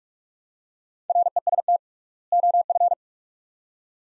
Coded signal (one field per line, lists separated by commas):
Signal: Morse code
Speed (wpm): 44 wpm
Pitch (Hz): 700 Hz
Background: none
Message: REST OF